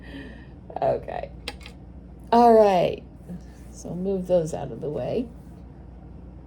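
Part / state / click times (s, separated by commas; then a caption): plastic storage container snapping onto another container / seated / 1.5 s, 1.7 s. Small stackable plastic storage containers, possibly for jewelry or craft supplies, are pressed together until they snap, with sharp clicks at 1.5 s and 1.7 s. Someone talks before and after the snaps, and the containers end up seated together.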